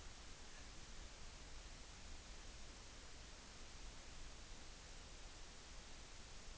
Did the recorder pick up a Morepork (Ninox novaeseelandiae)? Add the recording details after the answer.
no. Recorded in New Zealand on 14 June 2013. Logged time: 02:27. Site Ponui